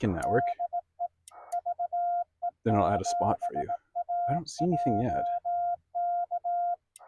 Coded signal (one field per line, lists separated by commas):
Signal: Morse code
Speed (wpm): 18 wpm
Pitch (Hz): 700 Hz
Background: speech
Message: DE VE7AJK